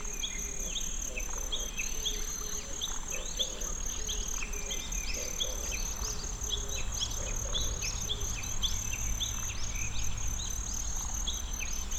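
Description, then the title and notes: Kinhibari cricket, an unbroken high trill with a pulsed overtone, amid dense chirping birds and several low tonal notes. Tsuruoka City; many other birds also audible; recorded with ZOOM F6 and Sennheiser MKH802. "鶴岡市のキンヒバリの声"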